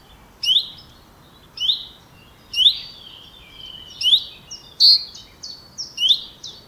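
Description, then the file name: Common chaffinch giving repeated short high calls, rising chirps and flatter notes at uneven intervals, with fainter bird notes between them over steady background noise. "Fringilla coelebs"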